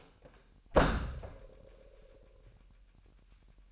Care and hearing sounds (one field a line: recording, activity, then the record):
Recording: daily activity, microphone in the room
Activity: close door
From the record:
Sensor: 2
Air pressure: 998.3 hPa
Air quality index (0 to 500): 137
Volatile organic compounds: 4 ppm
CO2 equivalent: 1547 ppm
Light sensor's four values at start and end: 11/29/12/12 and 11/29/12/12